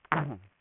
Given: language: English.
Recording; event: throat vibration sensor signal played as sound; throat clearing